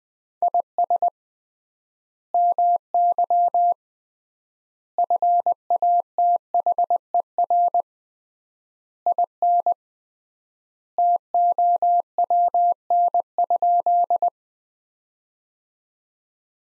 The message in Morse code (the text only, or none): IS MY FATHER IN TOWN?